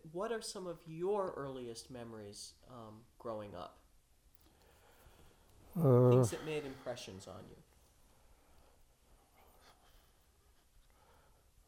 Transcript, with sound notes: What are some of your earliest memories, growing up? Uh - (sighs) --Things that made impressions on you?